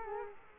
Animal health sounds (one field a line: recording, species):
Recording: mosquito wingbeat signal from an infrared sensor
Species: Culex quinquefasciatus